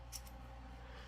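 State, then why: Seated. A SCINYMC leather band connector for an Apple Watch SE (1st Gen) is slid into the groove of the watch case until it locks. A short, bright click at 0.2 s marks it seating in place, over a steady low hum. The band is confirmed locked in.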